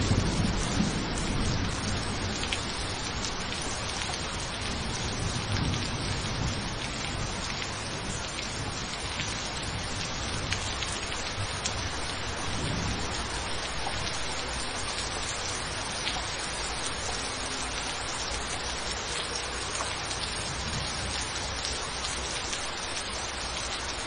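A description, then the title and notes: A thunderstorm: steady, dense rain hisses and patters across the whole clip at an even level, with a slightly louder stretch at the very start. Low rumbling sits beneath the rain throughout, swelling faintly around the middle, though no sharp thunderclap stands out. Nature's thunderstorm.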